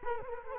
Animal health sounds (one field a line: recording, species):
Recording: mosquito wingbeat signal from an infrared sensor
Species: Culex quinquefasciatus